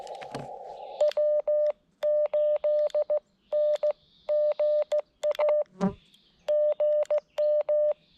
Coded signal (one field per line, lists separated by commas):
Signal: Morse code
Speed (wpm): 16 wpm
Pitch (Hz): 590 Hz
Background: speech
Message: W8NGA GM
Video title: CW POTA at K-5322 Sugar Hill State Forest with the FX-4CR transceiver